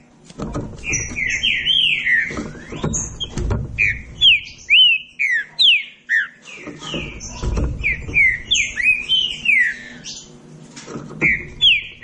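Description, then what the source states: Green-winged saltator giving long whistled song, strings of down-slurred notes in bursts separated by short pauses, with bumping low noises at times. Classic song style (canto clássico); training recording.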